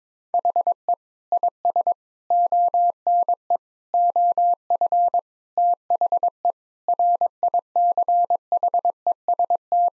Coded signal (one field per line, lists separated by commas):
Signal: Morse code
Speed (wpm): 22 wpm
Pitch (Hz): 700 Hz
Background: none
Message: HE IS ONE OF THE RICHEST